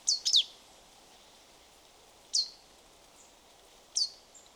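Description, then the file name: Marsh tit calls: a fast cluster of high, descending notes at the start, then two single sharp high notes. "Poecile palustris"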